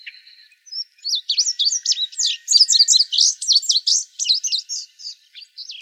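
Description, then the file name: Indigo bunting song opening with a thin steady note, then a lively string of high paired, sweeping chirps. Arizona, 24 May 2008. "INBU 6 B deviche"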